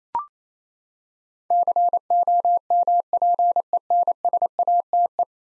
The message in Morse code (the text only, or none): COMPENSATE